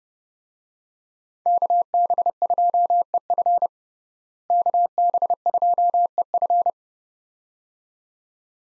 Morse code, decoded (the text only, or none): KB2EF KB2EF